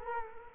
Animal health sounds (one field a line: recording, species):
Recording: mosquito wingbeat signal from an infrared sensor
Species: Culex quinquefasciatus